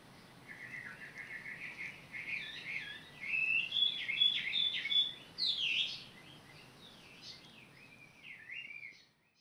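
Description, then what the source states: Bird song: a long rambling warble of twittering and slurred notes, loudest in the middle, trailing off into quieter chirps. Recorded 18 April 2022.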